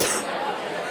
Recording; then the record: coughing mixed with background sound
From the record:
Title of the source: 34 coughing up crap again